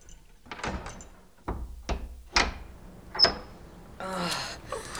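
A heavy church door being unlocked by the pastor and opened: several dull clunks and rattles, a sharp metallic click of the lock, then a long, groaning creak as the door swings open. No one speaks.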